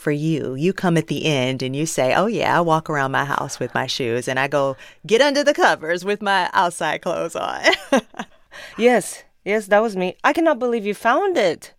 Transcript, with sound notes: You come at the end, and you say, oh, yeah, I walk around my house with my shoes, and I go get under the covers with my outside clothes on (laughter).
Yes. Yes, that was me. I cannot believe you found it.